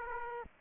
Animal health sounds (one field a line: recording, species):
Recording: mosquito wingbeat signal from an infrared sensor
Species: Aedes aegypti